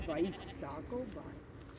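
Sheep on a meadow, being herded into a second pen, bleat in a couple of wavering, nasal calls, one near the start and another midway, fairly loud over a steady background murmur.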